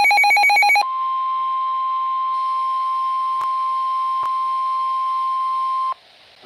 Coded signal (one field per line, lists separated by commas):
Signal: Emergency Alert System (SAME) tones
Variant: 1050 Hz attention tone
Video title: EAS FLW #2 (FAIL/From LWX) 7/12/25 (Credit Goes To @SouthernPennsylvaniaWX)